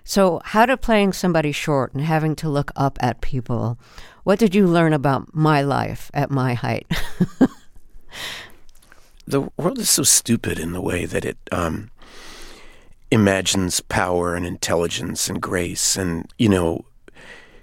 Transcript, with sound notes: So how did playing somebody short and having to look up at people - what did you learn about my life at my height (laughter)?
The world is so stupid in the way that it imagines power and intelligence and grace and, you know,